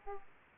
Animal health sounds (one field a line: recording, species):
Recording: mosquito wingbeat signal from an infrared sensor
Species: Aedes aegypti